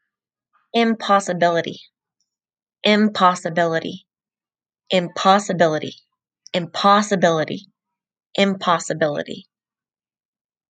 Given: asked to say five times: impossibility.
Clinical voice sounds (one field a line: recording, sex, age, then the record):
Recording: repeated word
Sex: female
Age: 20 to 29 years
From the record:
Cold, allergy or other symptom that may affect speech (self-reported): no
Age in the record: 28 years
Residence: Colorado, United States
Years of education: 12